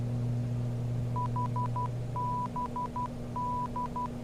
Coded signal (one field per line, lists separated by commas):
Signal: Morse code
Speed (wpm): 12 wpm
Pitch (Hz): 990 Hz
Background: none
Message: HBD